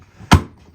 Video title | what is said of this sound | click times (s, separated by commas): How to Install 3 Wire Smoke Sensors and Detectors - DIY for Kidde BRK First Alert SMI100-AC Honeywel | there we go kind of locks in place turn it clockwise till it stops turning now | 0.3 s